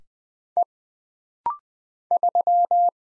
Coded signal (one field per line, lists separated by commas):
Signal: Morse code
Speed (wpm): 20 wpm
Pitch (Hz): 700 Hz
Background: none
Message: E 3